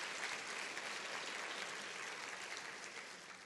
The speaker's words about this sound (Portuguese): Aleluia, aplauda Ele, glória a Deus.